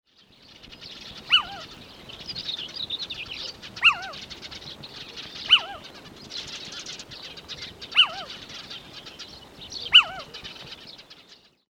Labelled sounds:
Little Owl

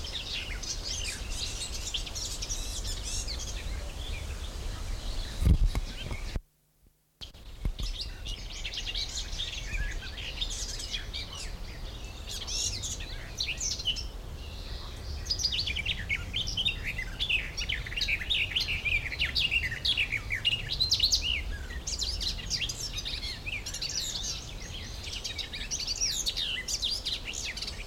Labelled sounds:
Garden Warbler

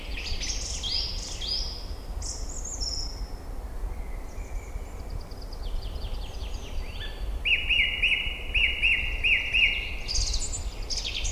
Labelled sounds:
Song Thrush song

